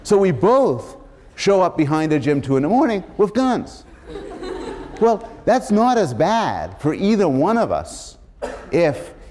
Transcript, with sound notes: So, we both show up behind the gym, two in the morning, with guns. [laughter] Well, that's not as bad for either one of us if